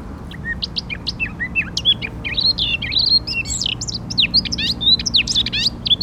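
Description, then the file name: Eurasian blackcap song with a steady stream of short chattering notes and bright whistled upslurs, running on without pause. "Sylvia atricapilla"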